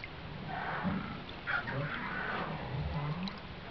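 Whale calls: low moans with higher wavering tones, over a constant hiss.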